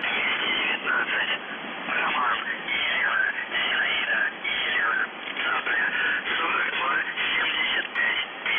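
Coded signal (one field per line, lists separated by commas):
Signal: numbers station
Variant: UVB-76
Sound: a voice speaking through heavy, hissy shortwave noise, no buzzer audible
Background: radio static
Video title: The Buzzer/UVB-76(4625Khz) April 12, 2021 08:03UTC Voice message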